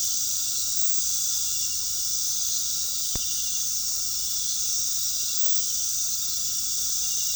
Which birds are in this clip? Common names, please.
none